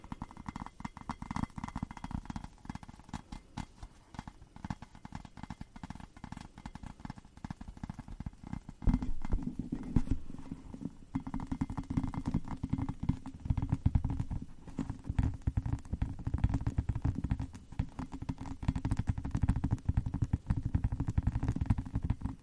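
Tapping goes on throughout, a dense run of quick, fairly regular knocks with a dull, low body and a light clicky top. Around nine seconds the taps grow louder and heavier, then keep a steady busy pace to the end.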